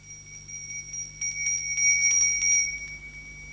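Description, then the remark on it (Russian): A small bronze hand bell decorated with a British lion, rung by an old lord in the study of the First Lord of the Admiralty in foggy London, rings in a quick series of bright, high strikes, its clear metallic tone shimmering and sustaining briefly before fading away, with no voices present. “Пергаментная рука старого лорда тянется к бронзовому колокольчику, украшенному британским львом.”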